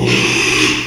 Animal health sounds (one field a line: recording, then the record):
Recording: squeal of a Yucatan mini pig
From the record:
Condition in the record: after surgery on the right vocal fold (resection and tissue-engineered implant)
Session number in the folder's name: 1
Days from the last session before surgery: 6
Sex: male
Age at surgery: 12 weeks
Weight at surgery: 13 kg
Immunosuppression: cyclosporine, prednisolone